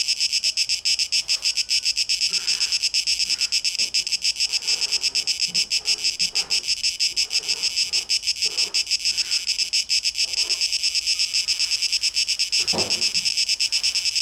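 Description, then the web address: Cicadas giving an unbroken, high, grating pulsed hum, with scattered soft sounds beneath and a sharp low knock late on. Cicadas, 12 August 2023. "rauschpartikel 2023-08-12 Zikaden"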